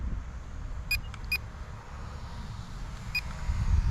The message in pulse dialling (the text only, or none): none